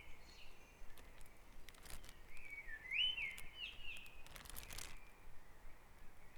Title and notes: Dawn Chorus // Back Dragon Avenue, Harrogate. Sound Map Of Harrogate